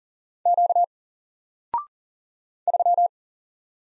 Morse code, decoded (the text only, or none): Q 3